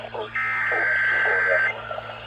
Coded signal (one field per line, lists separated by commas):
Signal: Emergency Alert System (SAME) tones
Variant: header bursts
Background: speech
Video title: MFL’S ABSENCE - EAS Tests From 5/21/25 (EAS #3896-3901)